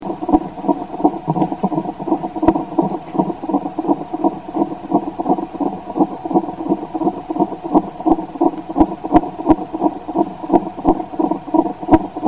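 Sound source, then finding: Rapid heartbeat. Heartbeat.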